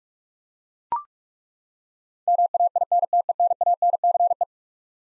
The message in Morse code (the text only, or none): MAINTENANCE